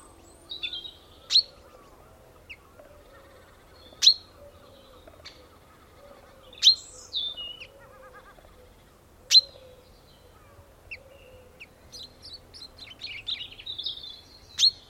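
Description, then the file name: Common chaffinch calls: several sharp high notes a few seconds apart, with softer twittering between them. "Fringilla coelebs"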